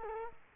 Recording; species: mosquito wingbeat signal from an infrared sensor; Culex quinquefasciatus